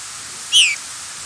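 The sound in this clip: Rose-breasted grosbeak giving one brief, sharp squeaky note that slides downward, heard over a constant hiss.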